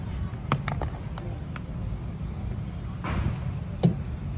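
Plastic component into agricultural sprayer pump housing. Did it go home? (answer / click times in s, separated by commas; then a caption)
yes / 0.5 s. On the second try, a plastic component is pushed into the housing of a battery-operated 12 V/8 A agricultural sprayer pump and seats with a sharp plastic snap at 0.5 s. A few quieter knocks follow around 0.7, 0.8, 1.2, 1.6 and 3.8 s, and the part is now properly seated.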